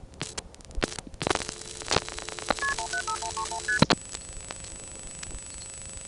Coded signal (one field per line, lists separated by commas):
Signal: multi-frequency trunk signalling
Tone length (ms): 90 ms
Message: KP175131ST